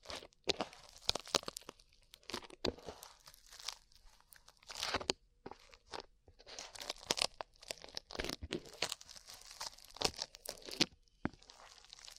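Slime being worked by hand, with sticky pops, crackles and tearing snaps coming in quick irregular bursts throughout. The sounds are bright and crisp, with short sharp clicks scattered between denser squelching stretches and only brief near-silent gaps.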